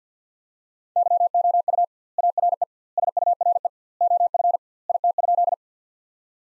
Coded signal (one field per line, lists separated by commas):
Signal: Morse code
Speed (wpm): 48 wpm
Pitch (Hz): 700 Hz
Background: none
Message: YOU ARE SURE OF IT?